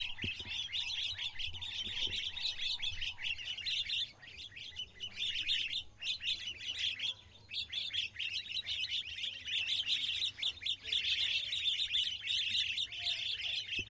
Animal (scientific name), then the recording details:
Creatophora cinerea. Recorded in northern Uganda